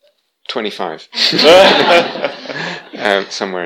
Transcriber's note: laughter